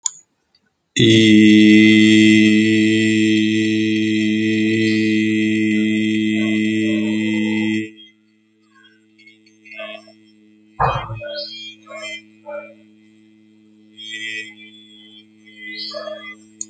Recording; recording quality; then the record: sustained vowel as in beet; excellent, no background noise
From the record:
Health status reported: healthy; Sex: male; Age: 27 years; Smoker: yes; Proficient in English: yes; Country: India